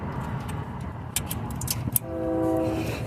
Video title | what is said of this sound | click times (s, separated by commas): 2018 Dodge Ram 1500 Tradesman 3.6, Heater Control Valve replaced, P26AB, $65 instead of $500 | this item cost $500 snap you hear snap | 2.0 s